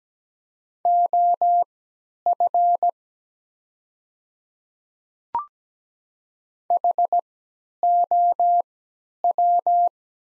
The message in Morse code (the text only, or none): OF HOW